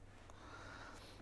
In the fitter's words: The first part pushes onto the handle and just clicks into place like so.